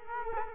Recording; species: mosquito wingbeat signal from an infrared sensor; Culex quinquefasciatus